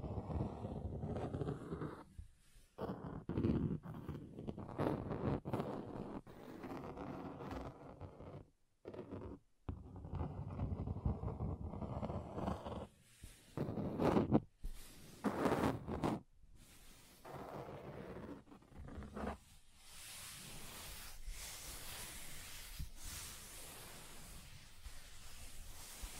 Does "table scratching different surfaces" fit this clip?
yes